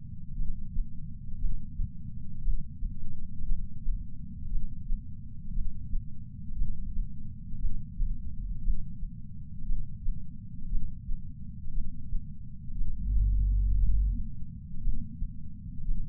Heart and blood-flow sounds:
heart sounds by patch sensor on the chest; 58 bpm
0.37 s: heartbeat
1.40 s: heartbeat
2.43 s: heartbeat
3.47 s: heartbeat
4.51 s: heartbeat
5.54 s: heartbeat
6.57 s: heartbeat
7.60 s: heartbeat
8.64 s: heartbeat
9.67 s: heartbeat
10.71 s: heartbeat
11.74 s: heartbeat
12.77 s: heartbeat
13.80 s: heartbeat
14.83 s: heartbeat
15.86 s: heartbeat
From the record:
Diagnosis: coronary artery disease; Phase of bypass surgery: intraoperative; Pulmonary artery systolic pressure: 38 mmHg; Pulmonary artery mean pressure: 23 mmHg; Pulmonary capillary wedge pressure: 11 mmHg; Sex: male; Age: 74 years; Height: 175 cm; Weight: 66 kg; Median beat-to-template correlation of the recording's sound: 0.93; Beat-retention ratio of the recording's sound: 0.98

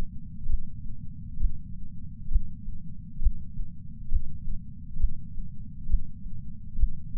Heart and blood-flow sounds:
heart sounds by patch sensor on the chest; 67 bpm
0.48 s: heartbeat
1.39 s: heartbeat
2.30 s: heartbeat
3.21 s: heartbeat
4.10 s: heartbeat
4.99 s: heartbeat
5.88 s: heartbeat
6.78 s: heartbeat
From the record:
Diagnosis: coronary artery disease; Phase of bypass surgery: preoperative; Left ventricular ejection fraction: 65.2%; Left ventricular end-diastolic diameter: 45 mm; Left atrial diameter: 36 mm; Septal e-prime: 3.6 cm/s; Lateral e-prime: 5.4 cm/s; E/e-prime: 13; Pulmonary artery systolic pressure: 22 mmHg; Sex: female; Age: 69 years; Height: 148 cm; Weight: 51 kg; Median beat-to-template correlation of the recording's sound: 0.94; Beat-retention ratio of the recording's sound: 0.99

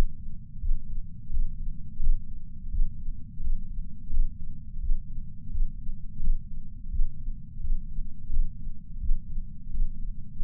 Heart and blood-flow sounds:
heart sounds by patch sensor on the chest; 86 bpm
0.59 s: heartbeat
1.30 s: heartbeat
1.99 s: heartbeat
2.69 s: heartbeat
3.40 s: heartbeat
4.10 s: heartbeat
4.79 s: heartbeat
5.50 s: heartbeat
6.20 s: heartbeat
6.89 s: heartbeat
7.60 s: heartbeat
8.29 s: heartbeat
8.99 s: heartbeat
9.70 s: heartbeat
10.39 s: heartbeat
From the record:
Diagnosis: coronary artery disease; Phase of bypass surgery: postoperative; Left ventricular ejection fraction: 60%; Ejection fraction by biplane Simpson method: 61.8%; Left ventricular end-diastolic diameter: 47 mm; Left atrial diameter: 40 mm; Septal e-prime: 4.5 cm/s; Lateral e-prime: 6.3 cm/s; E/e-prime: 20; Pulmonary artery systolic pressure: 28 mmHg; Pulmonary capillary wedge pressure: 14 mmHg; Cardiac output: 5.9 L/min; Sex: male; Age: 62 years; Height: 165 cm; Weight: 72 kg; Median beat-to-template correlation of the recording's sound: 0.87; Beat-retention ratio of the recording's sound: 1.00

